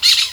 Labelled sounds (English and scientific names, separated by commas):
Brown-throated Parakeet (Eupsittula pertinax) contact call